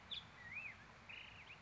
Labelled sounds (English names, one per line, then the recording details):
Black-headed Grosbeak
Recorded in Sonoma County, California